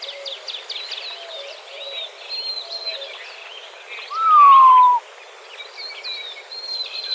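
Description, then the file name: Montezuma quail producing one drawn-out falling whistle midway through, with scattered high chirps of other birds before and after. Recorded in Arizona on 17 May 2004. "MONTEQUAIL 051704"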